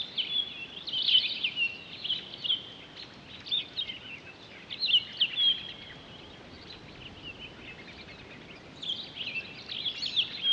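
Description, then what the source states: Townsend's solitaire delivering its rambling song, bright warbles and twittering notes in uneven bursts, with a quieter stretch mid-way before it resumes. On 23 October 2011.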